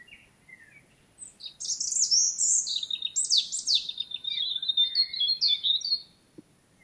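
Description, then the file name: European robin song: a long stream of bright, varied high notes, sliding down and trilling, with quick twittering runs and little pause. "Erithacus rubecula"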